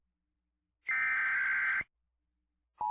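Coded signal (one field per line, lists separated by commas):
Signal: Emergency Alert System (SAME) tones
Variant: header bursts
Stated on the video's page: Mock EAS scenario about a blizzard.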